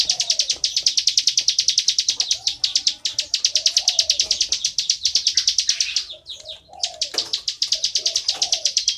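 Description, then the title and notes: Bar-winged prinia chattering in a long run of rapid high notes that falters briefly, then resumes, with low cooing in the background. Continuous calling in the style called ngebren, used as tutor audio (masteran) for training oriental magpie-robins. "Ciblek Ngebren Untuk Masteran Murai Batu. Suara burung ciblek - Suara Nada"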